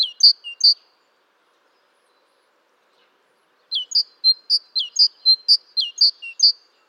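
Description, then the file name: Great tit giving short bright chirps: a brief group, then silence, then a longer run of many sharp high notes. Recorded 14 March 2018. "Mésange-charbonnière 20180314"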